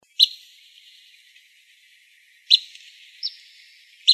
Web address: Flycatchers GRFL CALLS. deviche